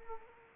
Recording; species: mosquito wingbeat signal from an infrared sensor; Anopheles arabiensis